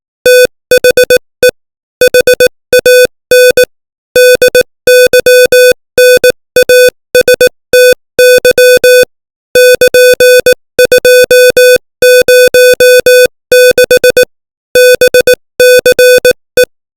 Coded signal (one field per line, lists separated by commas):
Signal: Morse code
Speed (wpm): 18 wpm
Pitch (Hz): 500 Hz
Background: music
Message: THE HAN DYNASTY <KN>206 BCE